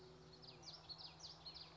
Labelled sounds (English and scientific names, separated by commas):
Common Yellowthroat (Geothlypis trichas)